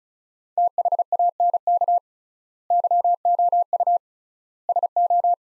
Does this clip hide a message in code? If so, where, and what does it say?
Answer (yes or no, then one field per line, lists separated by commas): yes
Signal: Morse code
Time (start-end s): 0.6-5.3 s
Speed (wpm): 36 wpm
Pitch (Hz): 700 Hz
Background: none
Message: THANK YOU SO